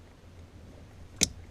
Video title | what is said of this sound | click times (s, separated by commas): How to replace Blend Door Actuator! Jeep Grand Cherokee WK 2006 | okay there you go I don't know if you can hear that but it snapped in | 1.2 s